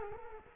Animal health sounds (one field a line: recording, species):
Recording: mosquito wingbeat signal from an infrared sensor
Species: Culex quinquefasciatus